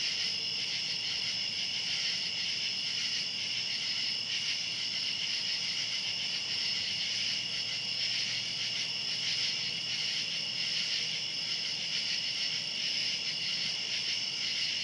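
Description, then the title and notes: A long, unchanging cicada chorus of high-pitched buzzing, softly pulsing, with faint low background hum. Cicadas recorded outdoors at night. "Ext. Cicadas, Night by Bandeto"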